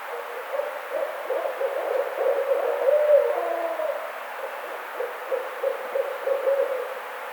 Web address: sounds birds Barred Owl 2009 05 04 Barred Owl